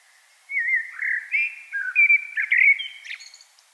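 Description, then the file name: Common blackbird song, a rich flowing whistled phrase of several varied notes that rises at the end into thin, scratchy high flourishes. "Turdus merula"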